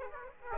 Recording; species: mosquito wingbeat signal from an infrared sensor; Aedes aegypti